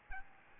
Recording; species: mosquito wingbeat signal from an infrared sensor; Aedes albopictus